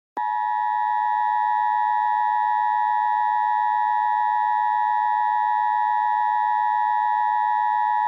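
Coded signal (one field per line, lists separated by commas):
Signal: Emergency Alert System (SAME) tones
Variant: 853 and 960 Hz attention tone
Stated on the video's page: Mock remake of an EAS scenario, a simulated alert rather than a real broadcast.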